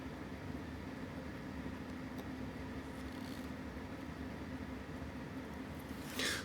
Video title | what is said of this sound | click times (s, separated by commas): For EK: Seiko 5625-7040 Restoration | there's the click | 6.2 s